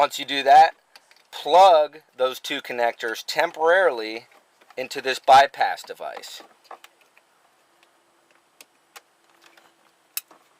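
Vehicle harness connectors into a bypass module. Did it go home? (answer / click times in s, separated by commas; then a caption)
yes / 8.6 s, 10.2 s. Someone talks, then two plastic vehicle wiring harness connectors are pushed temporarily into a bypass module for Ram, Chrysler, Dodge and Jeep navigation programming. After a few soft handling taps, they snap into place with sharp clicks at 8.6 s and 10.2 s, and the connectors are seated.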